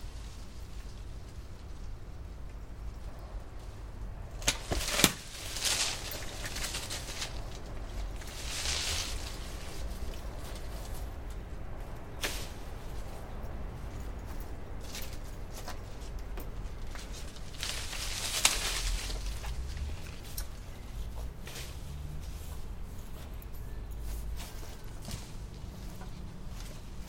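Two small apple trees are cut down in a backyard, heard as bursts of crackling and snapping branches around 4–6, 8–9 and 18–19 seconds. A sharp crack stands out near 5 seconds. Between them, a low steady rumble and scattered light rustles and knocks continue.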